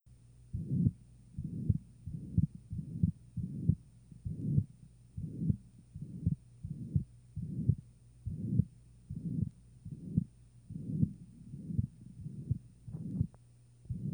Recording was made of the heart sounds of a 4-year-old with a small hole between the two heart ventricles. Hear the first and second heart sounds, and in between a harsh blowing sound corresponding to turbulence flowing between the two ventricles.